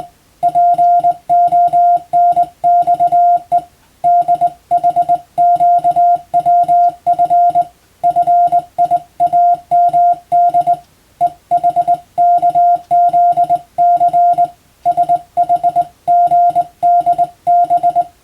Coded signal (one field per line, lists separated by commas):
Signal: Morse code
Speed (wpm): 21 wpm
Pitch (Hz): 700 Hz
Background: music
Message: PONXE DHQWF FIAMD EHKZC SHGDB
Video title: 無線従事者国家試験総合無線通信士電気通信術のトレーニングにＣＷを打ってみました。アマチュア無線ハムの受信練習にもどうぞ(morse code practice for radio operator )